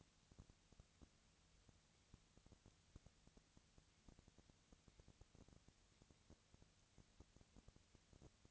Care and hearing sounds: daily activity, microphone in the room; no activity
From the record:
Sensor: 3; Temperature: 20.6 degrees Celsius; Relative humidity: 35.7%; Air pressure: 998.8 hPa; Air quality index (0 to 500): 235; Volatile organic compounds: 71 ppm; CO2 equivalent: 3524 ppm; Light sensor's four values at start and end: 2/3/2/2 and 2/3/2/2

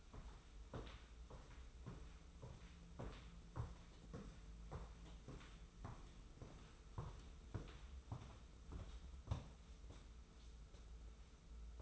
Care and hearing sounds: daily activity, microphone in the room; walk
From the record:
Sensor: 1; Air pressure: 994.4 hPa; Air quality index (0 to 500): 220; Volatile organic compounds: 1000 ppm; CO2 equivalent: 7868 ppm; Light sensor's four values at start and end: 78/171/77/79 and 69/153/67/70

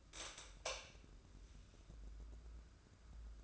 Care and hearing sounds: daily activity, microphone in the room; light on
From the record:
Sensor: 2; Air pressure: 995.2 hPa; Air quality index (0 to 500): 74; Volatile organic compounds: 2 ppm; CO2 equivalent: 1296 ppm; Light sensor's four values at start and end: 8/19/8/8 and 13/36/14/14

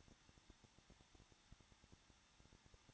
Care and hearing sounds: daily activity, microphone in the room; no activity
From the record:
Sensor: 3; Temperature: 21.2 degrees Celsius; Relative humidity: 36.4%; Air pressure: 1006.3 hPa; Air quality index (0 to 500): 222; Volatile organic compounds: 42 ppm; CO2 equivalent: 3177 ppm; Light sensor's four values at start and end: 2/3/2/2 and 2/3/2/2

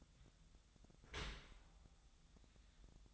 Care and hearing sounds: daily activity, microphone in the room; open dishwasher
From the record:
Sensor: 3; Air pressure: 1004.6 hPa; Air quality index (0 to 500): 103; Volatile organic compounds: 4 ppm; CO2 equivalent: 1605 ppm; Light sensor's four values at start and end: 7/17/7/6 and 7/17/7/6

